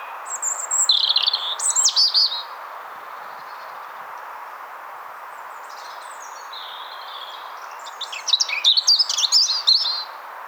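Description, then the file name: European robin singing: a high, sweet warbled phrase, a long quiet gap, then another tumbling phrase of thin whistles and trills, with background hiss. "Erithacus rubecula"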